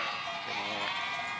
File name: ovejas